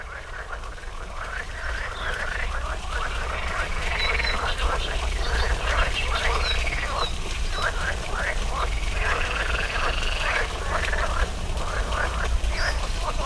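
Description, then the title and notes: Frog chorus of rapid, rattling croaks that overlap continuously, with a constant low rumble underneath. Frogs in a small pond at the Orto Botanico, Bologna, Italy, 05.07.18, croaking on spring mornings; recorded for the Zona U sound mapping project. "05.07.18 Rane allOrto Botanico. small pond populated with frogs croaking on spring mornings. Recorded for the Zona U sound mapping project"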